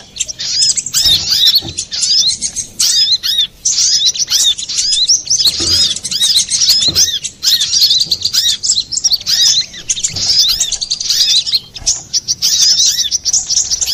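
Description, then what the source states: Little spiderhunter singing steadily, shrill chattering phrases with curling high notes, repeated in bursts with brief breaks across the whole stretch. Master recording (masteran) for training cage birds, labelled Labaik.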